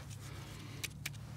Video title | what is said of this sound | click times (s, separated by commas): Won't Start? No Start No Crank Intermittent starting problem solved! Dodge Caravan Town and Country | a little bit of finagling and you should hear it click and that's good on that | 0.9 s, 1.1 s